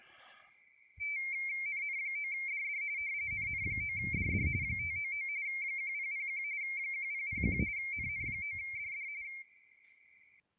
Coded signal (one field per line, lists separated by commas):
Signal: RTTY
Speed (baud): 45.45 baud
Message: NN9DD NN9DD 599 1001 1001 NN9DD